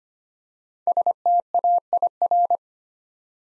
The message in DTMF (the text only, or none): none